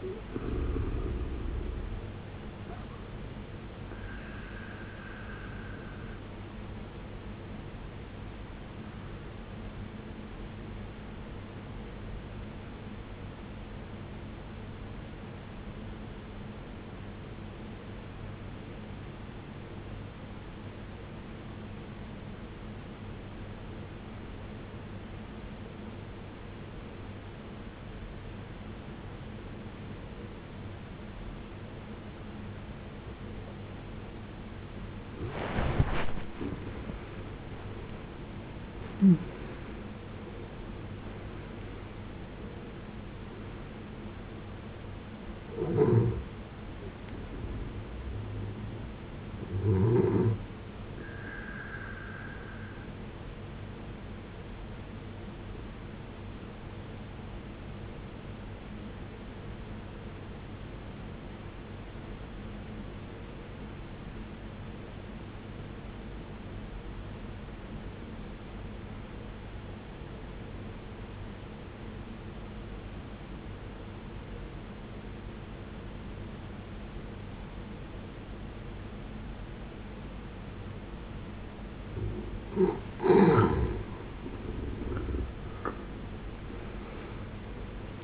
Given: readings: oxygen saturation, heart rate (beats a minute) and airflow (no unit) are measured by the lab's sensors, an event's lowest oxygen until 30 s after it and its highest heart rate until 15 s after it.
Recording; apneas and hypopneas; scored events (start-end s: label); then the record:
breathing in sleep by a voice recorder at the bedside; 2
13.00-33.50 s: obstructive apnea (N2, oxygen 95% highest, then 77% lowest, heart rate 64 at the start, 79 highest)
32.00-62.00 s: new sleep stage, N1 (lightest sleep)
62.00-88.04 s: new sleep stage, N2 (light sleep)
64.00-78.80 s: obstructive apnea (N2, oxygen 94% highest, then 75% lowest, heart rate 64 at the start, 81 highest)
From the record:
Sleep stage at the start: N2 (light sleep); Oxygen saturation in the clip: 77 to 95%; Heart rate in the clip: 56 to 79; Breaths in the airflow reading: 10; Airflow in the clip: -17.7 to 18.9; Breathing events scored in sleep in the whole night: 389 in 6.3 hours asleep